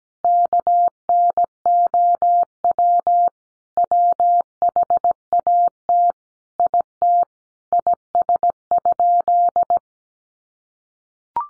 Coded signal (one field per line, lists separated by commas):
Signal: Morse code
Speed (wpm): 17 wpm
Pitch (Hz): 700 Hz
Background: none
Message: KNOW WHAT IT IS?